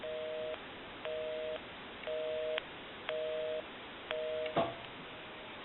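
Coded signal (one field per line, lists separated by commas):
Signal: telephone call progress tone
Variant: North America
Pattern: busy tone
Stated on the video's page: Heard on a Western Electric Touchtone Princess telephone, original, during final checkout after repair and conversion.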